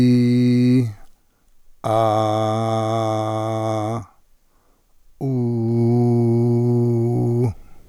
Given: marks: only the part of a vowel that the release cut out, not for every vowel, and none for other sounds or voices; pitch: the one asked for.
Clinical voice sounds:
sustained vowels; male; 70 to 79 years
0.00-0.76 s: vowel /i/, normal pitch
2.06-3.77 s: vowel /a/, normal pitch
5.87-7.36 s: vowel /u/, normal pitch
From the record:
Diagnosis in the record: contact pachydermia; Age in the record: 76 years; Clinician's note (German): Kontaktpachydermie ohne "Kontaktpachydermie" mit hypotonem Schwingungsbild

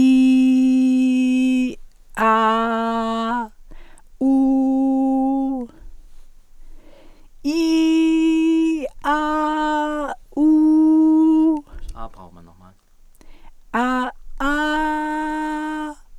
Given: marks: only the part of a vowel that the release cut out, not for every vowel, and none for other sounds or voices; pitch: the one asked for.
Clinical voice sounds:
sustained vowels; female; 70 to 79 years
0.00-0.86 s: vowel /i/, normal pitch
2.25-3.31 s: vowel /a/, normal pitch
4.29-5.44 s: vowel /u/, normal pitch
7.61-8.70 s: vowel /i/, high pitch
10.52-11.46 s: vowel /u/, high pitch
14.57-15.78 s: vowel /a/, high pitch
From the record:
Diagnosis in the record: presbyphonia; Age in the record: 73 years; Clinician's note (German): Vox senilis

